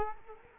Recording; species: mosquito wingbeat signal from an infrared sensor; Culex quinquefasciatus